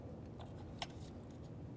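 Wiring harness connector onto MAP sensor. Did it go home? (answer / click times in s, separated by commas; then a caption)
no / none. A plastic wiring harness connector is handled near the new MAP sensor on the intake manifold of a 1998-2011 Ford Ranger 2.3L L4, with a sharp tap at about 0.8 s and a faint tick near 1.2 s over steady low background noise. Nothing has seated or clicked yet.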